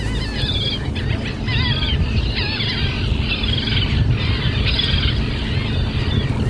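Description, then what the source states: Laughing gulls calling at a seabird colony, harsh rising and falling cries overlapping, over a steady low engine rumble. Recorded while circling an offshore island seabird colony off the coast of Maine; laughing gulls are the loudest birds heard.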